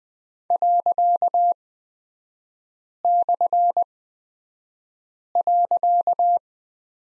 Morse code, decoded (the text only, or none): ./.